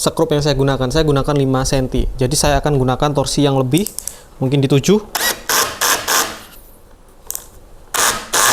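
Someone talks, then a Doliz BD637 20V cordless brushless drill with its clutch set to 9 drives a screw into a countersunk hole in wood in several short whirring bursts. The clutch ratchets with sharp clicks at 7.3 s and 7.4 s once the screw head is flush, and the screw seats perfectly in the countersink.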